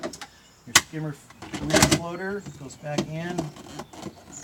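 A skimmer part is handled as it is pushed back into a spa skimmer housing, with brief handling sounds while someone talks. The part has not seated or clicked into place yet.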